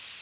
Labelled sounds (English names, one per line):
Blackburnian Warbler flight call